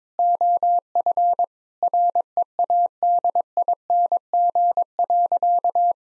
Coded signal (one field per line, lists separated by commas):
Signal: Morse code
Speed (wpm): 22 wpm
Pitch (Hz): 700 Hz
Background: none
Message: OF READING.